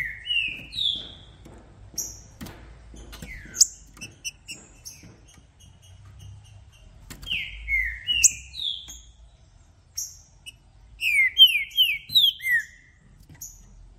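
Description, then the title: Green-winged saltator song: several phrases of slurred falling whistles, with high chirps and light clicks between them. Recording played to warm up a contest bird so it calls, sings and acts male-aggressive; the recorded bird is called brave, switching between several song types, best for opening the song. "Esse É PERFEITO Para ESQUENTAR Seu TRINCA Piando, Cantando E Macheando Na DISPUTA. Trinca Ferro VALENTE! VIRANDO VARIOS TIPOS DE CANTOS!! Melhor para ABRIR O CANTO!!"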